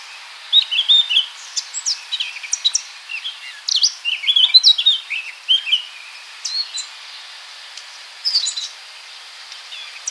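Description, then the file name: Eurasian blackcap song, scattered bursts of quick scratchy and whistled notes separated by brief gaps. "Sylvia atricapilla"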